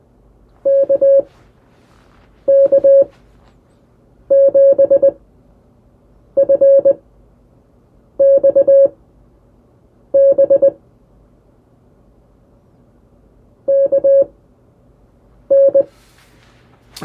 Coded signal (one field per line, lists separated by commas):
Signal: Morse code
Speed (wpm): 20 wpm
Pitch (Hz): 550 Hz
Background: none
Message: KK7FXB KN